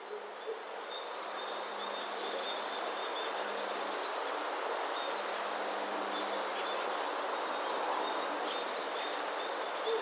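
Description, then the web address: Eurasian blue tit singing a high, thin introductory note followed by a quick rattling trill. The phrase repeats about every four seconds, against soft background noise. "wroblowe teka spiew. wroblowe teka modraszkoteka"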